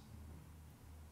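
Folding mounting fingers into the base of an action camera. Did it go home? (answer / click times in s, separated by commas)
no / none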